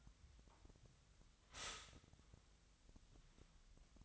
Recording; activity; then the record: daily activity, microphone in the room; stop toaster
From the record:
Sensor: 3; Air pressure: 1002.0 hPa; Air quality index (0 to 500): 245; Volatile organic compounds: 48 ppm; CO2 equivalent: 3272 ppm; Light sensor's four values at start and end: 13/40/17/15 and 13/40/17/15